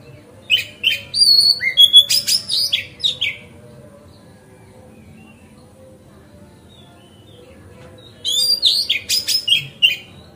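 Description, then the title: Oriental magpie-robin song: a rich burst of sweet whistles and sharp chips for about three seconds, a long quiet pause, then another varied burst near the end. Master song for tutoring other birds, terrace style. "Kacer Masteran Teras"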